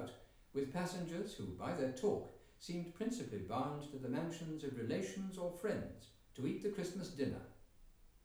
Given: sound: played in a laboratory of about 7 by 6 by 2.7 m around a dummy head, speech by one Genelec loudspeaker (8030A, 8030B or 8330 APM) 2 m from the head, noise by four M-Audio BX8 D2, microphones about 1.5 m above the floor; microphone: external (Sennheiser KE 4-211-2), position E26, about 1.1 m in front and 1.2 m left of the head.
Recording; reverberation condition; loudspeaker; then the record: male speech in English; medium; 30 degrees to the right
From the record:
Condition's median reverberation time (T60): about 510 ms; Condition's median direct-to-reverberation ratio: about -0.5 dB